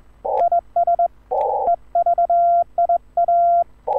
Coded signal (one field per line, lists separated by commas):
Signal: Morse code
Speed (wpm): 21 wpm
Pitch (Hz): 690 Hz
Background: none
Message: IS EVIA